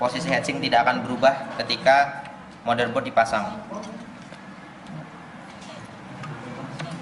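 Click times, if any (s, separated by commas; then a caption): 6.2 s, 6.8 s. A CPU heatsink's clamp lever is hooked onto the plastic retention hooks of the motherboard's retention bracket after the left and right hooks are engaged, so the heatsink stays in place. Someone talks during the first few seconds, then two sharp, short clicks are heard at 6.2 s and 6.8 s as the clamp latches. The cooler is seated and properly locked.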